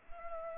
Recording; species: mosquito wingbeat signal from an infrared sensor; Culex pipiens